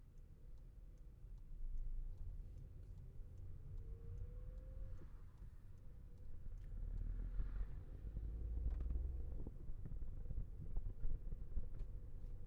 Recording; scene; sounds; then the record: everyday scene through a hearing-aid microphone; in a vehicle; engine, traffic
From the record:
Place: Skoda Fabia, gasoline engine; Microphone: behind the ear, left, front